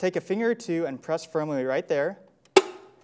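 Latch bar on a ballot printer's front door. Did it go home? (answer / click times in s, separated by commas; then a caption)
yes / 2.6 s. Someone talks, then a finger presses firmly on the green "press firmly to latch" bar on a ballot printer's front door. A sharp click at 2.6 s shows the door latch has clicked shut and seated.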